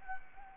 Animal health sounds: mosquito wingbeat signal from an infrared sensor; Anopheles arabiensis

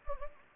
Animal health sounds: mosquito wingbeat signal from an infrared sensor; Anopheles gambiae

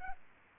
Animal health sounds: mosquito wingbeat signal from an infrared sensor; Aedes albopictus

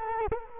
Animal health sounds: mosquito wingbeat signal from an infrared sensor; Culex quinquefasciatus

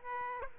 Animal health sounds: mosquito wingbeat signal from an infrared sensor; Aedes aegypti

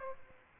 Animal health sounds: mosquito wingbeat signal from an infrared sensor; Aedes aegypti

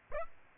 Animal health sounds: mosquito wingbeat signal from an infrared sensor; Aedes aegypti

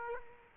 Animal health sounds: mosquito wingbeat signal from an infrared sensor; Aedes aegypti

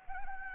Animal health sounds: mosquito wingbeat signal from an infrared sensor; Anopheles arabiensis

